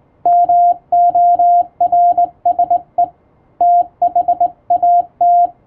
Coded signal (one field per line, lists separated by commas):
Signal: Morse code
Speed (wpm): 21 wpm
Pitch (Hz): 700 Hz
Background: radio noise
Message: MORSE THAT